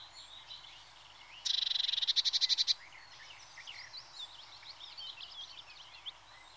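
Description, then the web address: Eurasian blue tit giving a fast churring burst of rapid, evenly pulsed notes lasting about a second, with soft twittering behind. "BBC Sound Effects Library. Blue TIT (Parus Caeruleus)"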